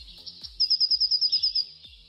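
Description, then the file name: Eurasian blue tit singing a fast, high, even trill lasting about one second. Dated 25-05-21. "25-05-21 Blaumeise"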